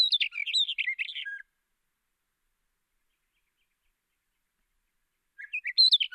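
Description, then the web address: Hume's wheatear song: a fast scratchy warble of high notes that ends on a lower note, several seconds of silence, then a second phrase starts. "sound Hume's-wheatear. صدای-پرنده-چکچک-شکم-سفید"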